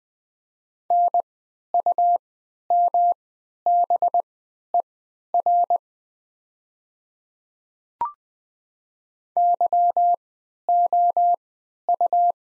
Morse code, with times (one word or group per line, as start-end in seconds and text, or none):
0.9-5.8 NUMBER
9.4-12.3 YOU